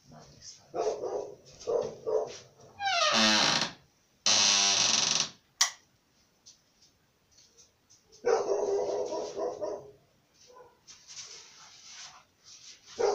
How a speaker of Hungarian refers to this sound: Nem nézve, mit ugat a hülye kutya?